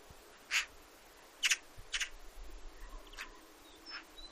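Eurasian magpie utters three rough, grating notes, then a few quieter calls.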